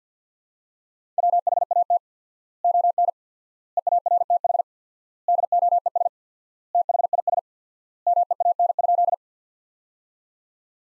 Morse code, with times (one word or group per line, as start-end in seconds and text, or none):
1.2-2.0 WHAT
2.6-3.1 ON
3.8-4.6 EARTH
5.3-6.1 DOES
6.8-7.4 THIS
8.1-9.1 MEAN?